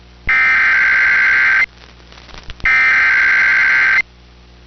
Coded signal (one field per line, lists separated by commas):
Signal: Emergency Alert System (SAME) tones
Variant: header bursts